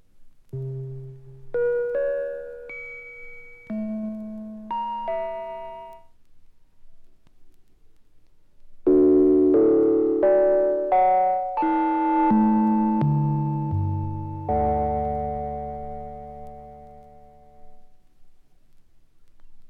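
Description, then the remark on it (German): Pure electronic sine tones built from stacked harmonics, made with a tape-loop technique developed at the Cologne studio: first a series of short bell-like chords, then after a brief pause a denser cluster of sustained tones that swell and slowly fade. “Diese Beispiele sind nach einem besonderen, im Kölner Studio entwickelten Bandschleifenverfahren hergestellt.”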